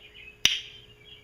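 A jig hook sits in an aluminium lure casting mold as the mold halves are closed. A single sharp, bright click sounds at 0.5 s against a quiet background with a faint steady hum. The click means the hook is seated securely in the mold.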